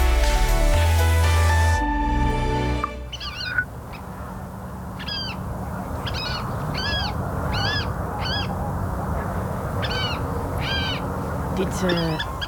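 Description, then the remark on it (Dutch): After a short burst of music, a water rail gives a steady series of sharp, high squealing calls, roughly one per second, over a low rustling background. “Dit is een waterral.”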